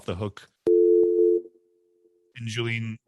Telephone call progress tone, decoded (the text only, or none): dial tone